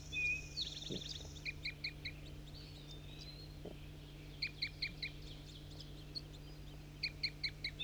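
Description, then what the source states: Crossbill calls, clipped chirping notes in several short clusters, with faint other bird sounds and a low background hum. Call given by trapped bird 4-3 during crossbill trapping; four caught (one juvenile, three males); other flock birds (three females, a red male) seemed to return responding to its calls.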